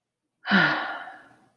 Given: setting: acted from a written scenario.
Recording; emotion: vocal sound without words; guilt